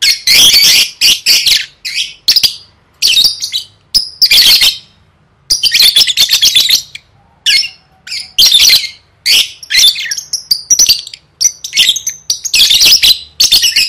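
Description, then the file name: Lovebird calls: loud, screechy chirps in long rapid runs, separated by several short silences, with some thin whistled notes between. "tieng vet mau don"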